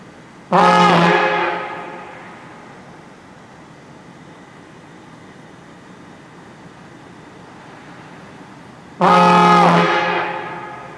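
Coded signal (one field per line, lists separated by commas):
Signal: coded fire alarm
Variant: Gamewell diaphones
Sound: two short deep grunting horn blasts, eight seconds apart, echoing across town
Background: outdoor ambience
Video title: Gamewell Diaphones Sounding for a Fire Call In Warehouse Point 4/13/2021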